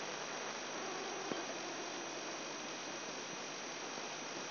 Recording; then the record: brain microelectrode recording played as sound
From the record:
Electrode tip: inside the subthalamic nucleus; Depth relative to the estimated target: 0 mm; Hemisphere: right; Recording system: AlphaMap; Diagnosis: Parkinson's disease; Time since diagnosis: 10 years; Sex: male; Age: 58 years